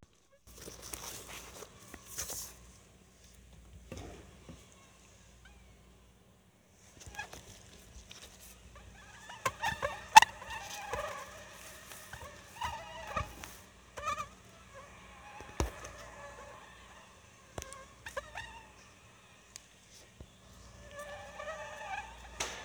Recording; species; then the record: mosquito flight sound by mobile phone; Anopheles stephensi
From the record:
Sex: mixed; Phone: Sony Xperia